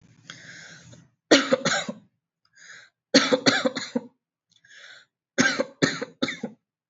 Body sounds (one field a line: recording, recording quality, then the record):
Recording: heavy voluntary cough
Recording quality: excellent, no background noise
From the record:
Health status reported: healthy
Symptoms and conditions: none ticked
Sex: female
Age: 33 years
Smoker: not ticked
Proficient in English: yes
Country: India